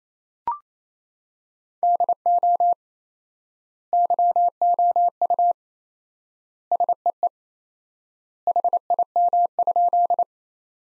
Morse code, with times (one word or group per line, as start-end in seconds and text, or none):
1.8-2.7 DO
3.9-5.5 YOU
6.7-7.3 SEE
8.5-10.2 HIM?